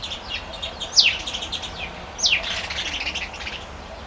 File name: Passer domesticus